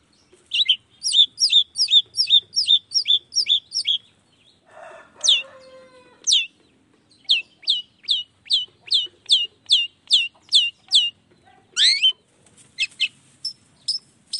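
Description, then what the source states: Long-tailed shrike singing a fast run of high ticking notes, then a brief harsh rasp, followed by more high whistled notes and slurred phrases. Vigorously singing long-tailed shrike in the morning with 'toet toet' sound variations, meant to stimulate lazy shrikes into singing along.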